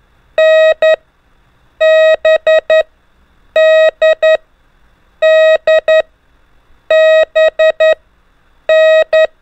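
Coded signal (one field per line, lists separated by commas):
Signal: Morse code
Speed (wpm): 10 wpm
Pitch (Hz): 630 Hz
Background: none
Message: N B D D B N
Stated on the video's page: Morse lesson drilling the letters N, D and B in groups at increasing speed, with music.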